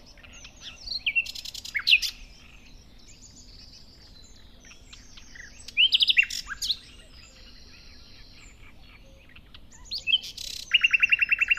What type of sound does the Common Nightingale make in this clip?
song